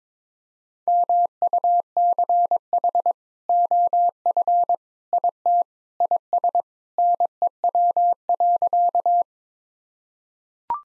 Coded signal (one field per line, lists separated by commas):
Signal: Morse code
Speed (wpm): 22 wpm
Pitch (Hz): 700 Hz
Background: none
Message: MUCH OF IT IS NEW.